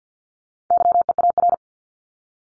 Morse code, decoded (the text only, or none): YEAR